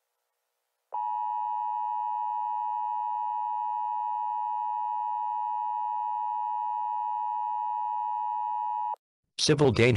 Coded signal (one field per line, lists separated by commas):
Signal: Emergency Alert System (SAME) tones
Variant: 853 and 960 Hz attention tone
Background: speech